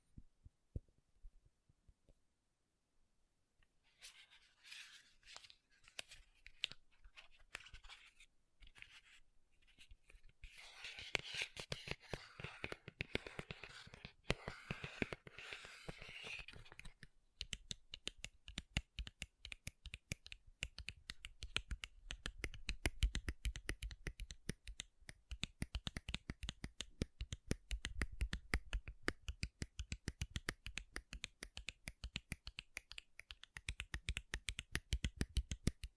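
Makeup tapping and scratching: sparse clicks at first, a dense scratchy stretch around 11–17 seconds, then rapid, crisp tapping continuing steadily.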